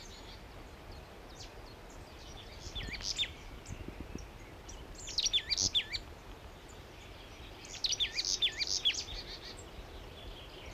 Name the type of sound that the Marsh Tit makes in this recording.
song